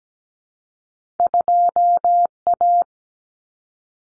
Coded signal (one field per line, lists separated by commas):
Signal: Morse code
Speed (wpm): 17 wpm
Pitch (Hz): 700 Hz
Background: none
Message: 2A